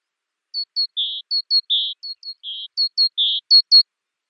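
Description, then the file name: Great tit call sequence of four units, each two quick high downslurred notes then a rasping lower buzz, ending with two extra high notes. "Parus major"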